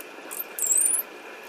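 Dolphin whistle, a single thin high tone rising steadily for about a third of a second over a steady hiss.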